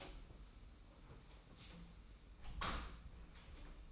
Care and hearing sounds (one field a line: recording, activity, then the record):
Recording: daily activity, microphone in the room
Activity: close door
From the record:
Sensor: 1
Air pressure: 991.6 hPa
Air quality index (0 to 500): 130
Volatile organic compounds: 399 ppm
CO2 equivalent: 4670 ppm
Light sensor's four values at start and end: 33/109/42/44 and 33/109/43/44